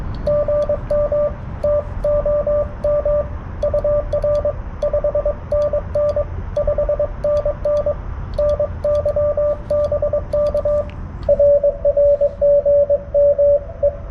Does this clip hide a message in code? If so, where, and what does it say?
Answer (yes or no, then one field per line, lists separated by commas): yes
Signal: Morse code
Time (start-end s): 0.3-13.9 s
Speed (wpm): 23 wpm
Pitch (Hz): 590 Hz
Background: radio noise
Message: GM TOM UR 5NN 5NN NY BK RR GM E